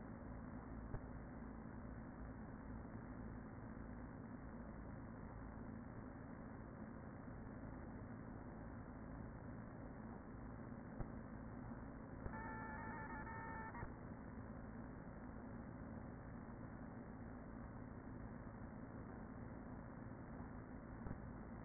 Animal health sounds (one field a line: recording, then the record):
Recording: honeybee colony, microphone inside the hive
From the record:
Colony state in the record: queen present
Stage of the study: after two queens were removed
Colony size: about 40,000 bees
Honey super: no